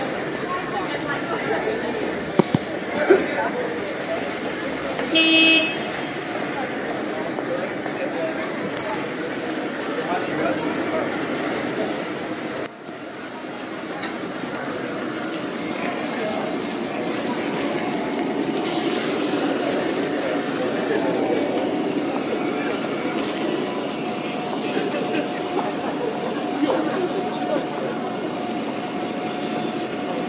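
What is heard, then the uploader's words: Queen Street on a Saturday night: a dense, steady murmur of many voices with passing traffic underneath. A few short bright clicks and tones cut through around three and five seconds, a brief drop near twelve, and thin high squeals appear around fifteen to eighteen seconds. Queen street Saturday night.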